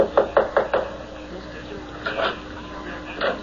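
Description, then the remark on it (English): A quick series of four sharp knocks on the front door of a house, followed after a pause by a few softer, scattered taps, with faint background murmur and no clear speech. “I found out where his house was, and I just walked up to the front door.”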